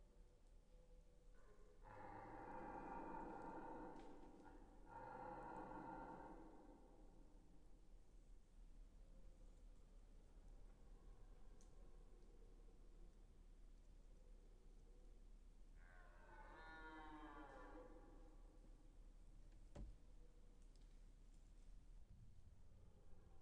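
A red deer stag bellows during the rut: two long, throaty roars close together early on, then a third, higher and more wavering groan around sixteen seconds. A sharp click comes near twenty seconds, over a quiet, low background hum.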